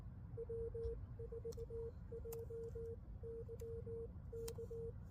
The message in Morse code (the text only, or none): W4JYK